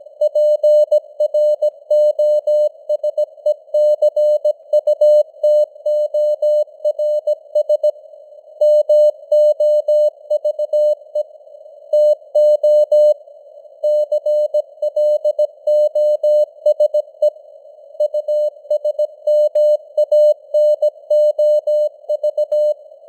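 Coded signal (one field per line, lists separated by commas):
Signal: Morse code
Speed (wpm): 17 wpm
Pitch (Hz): 600 Hz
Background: none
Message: PROSECUTORS MOVE TO CLOSE USMANOV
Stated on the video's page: Simulated news headlines at 17 wpm with simulated radio noise and varying signal strength (QSB).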